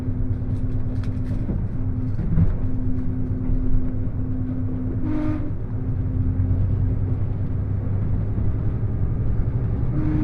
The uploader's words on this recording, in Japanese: 高山本線特急ひだ14号 富山→猪谷。乗車したのは当時まだキハ85系のグリーン車。